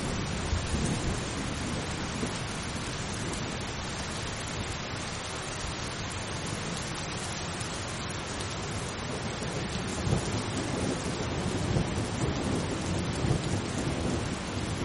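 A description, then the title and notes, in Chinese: Steady rain falls in a thunderstorm, a dense, even hiss spread from low to high with no breaks. A deep rumble of distant thunder rolls underneath, swelling slightly around the tenth second and again near the end before easing back. 雷雨声：平静的雨。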